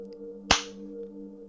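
A single sharp, crisp slap across the face, one person striking another, cracks out once and fades quickly, standing alone over a faint, steady low hum with no voices.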